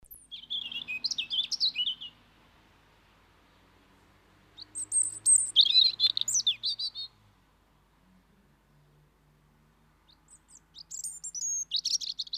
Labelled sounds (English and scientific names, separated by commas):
European Robin (Erithacus rubecula) song